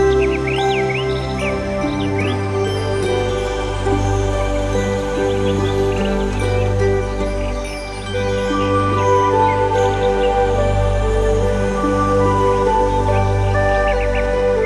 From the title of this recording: Chakra Meditation Music and Relaxing Nature Sounds